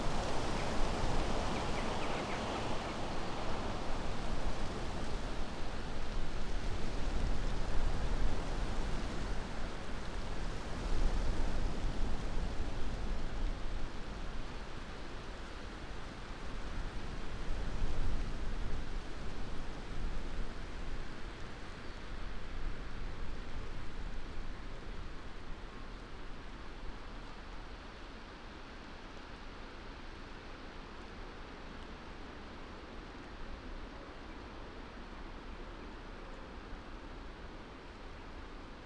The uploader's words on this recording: A wide open landscape, resting, between gusts of rain-speckled Northumbrian air. Trees that transcribe the invisibly moving air into varying blends of white noise. This is another section from the mics we left out and alone for 14 hours last summer in the hills above Wooler in Northumberland.